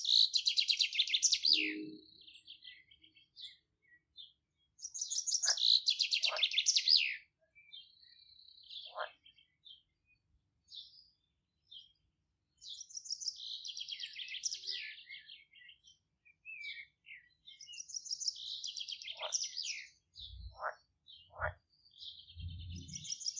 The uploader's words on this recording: Relaxing music of nature from a Polish garden in the countryside. Singing birds and croaking frogs from at the polish village sound wonderful and amazing.